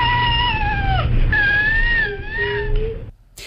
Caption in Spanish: El llanto real de un bebé con este síndrome. Es un síndrome que es, al final, es una alteración genética provocada por la pérdida de una parte del cromosoma 5. El sonido es especialmente agudo. El síndrome se llama precisamente cri du chat, porque es este sonido, este llanto, recuerda al maullido de un gato.